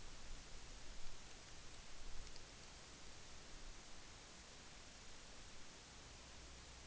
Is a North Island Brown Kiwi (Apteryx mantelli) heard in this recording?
no